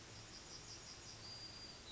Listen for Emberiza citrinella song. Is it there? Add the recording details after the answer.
yes. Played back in forest. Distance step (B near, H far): F. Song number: 047